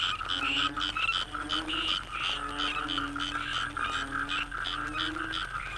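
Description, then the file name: Frogs calling together: sliding low croaks every second or so beneath bursts of rapid high chirping pulses and a steady shrill drone. Frogs in the Cherating wetlands, Malaysia. "yamaha frogs cherating wetlands"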